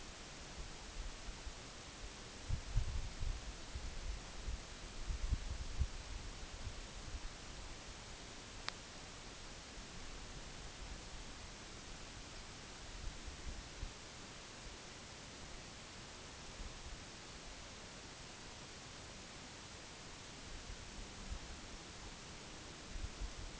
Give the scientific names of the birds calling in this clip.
none